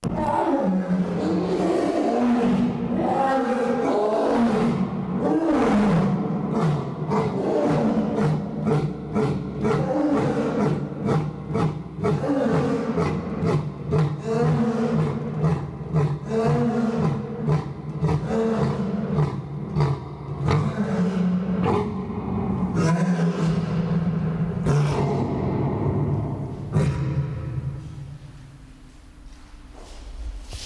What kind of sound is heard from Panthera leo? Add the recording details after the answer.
call. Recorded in captivity. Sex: pair. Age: adult. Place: Zoo Halle, Sachsen-Anhalt, DE. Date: 1997-03-22 16:26. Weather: Schnee bis Regen, um 0°C. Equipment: Sony MD-WM MZ-R3, Sennheiser MKH 416 T, Kopie Uher 4000 Report Monitor. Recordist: Tembrock, Günter. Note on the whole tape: Paar: erst Männchen, Rufreihen im Liegen, dann fällt Weibchen mit ein